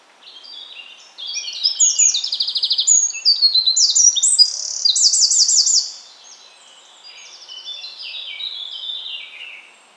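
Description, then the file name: Eurasian wren delivering a long explosive song of rapid high notes and rattling trills for about five seconds, followed by a softer, fainter song in the background. "Troglodytes troglodytes"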